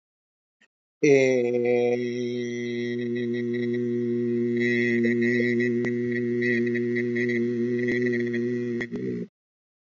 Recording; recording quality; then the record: sustained vowel as in made; excellent, no background noise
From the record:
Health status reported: healthy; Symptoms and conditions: none ticked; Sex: male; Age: 55 years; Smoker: not ticked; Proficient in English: yes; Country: India